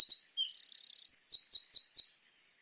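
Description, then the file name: Eurasian wren song: high, rapid notes, a dense buzzy trill held for about half a second, then a string of quick repeated chirps ending abruptly. "Troglodytes troglodytes"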